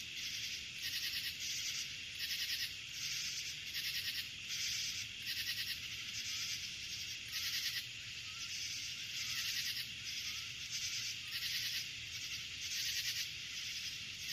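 Crickets: shrill, rapidly pulsed chirps repeated many times over an unbroken high buzz.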